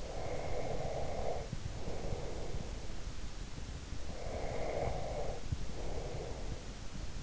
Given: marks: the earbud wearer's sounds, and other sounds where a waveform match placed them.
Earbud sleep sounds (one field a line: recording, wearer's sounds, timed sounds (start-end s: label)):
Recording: sounds in sleep by an in-ear microphone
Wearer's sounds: breath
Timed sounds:
0.00-2.88 s: breath
4.11-6.54 s: breath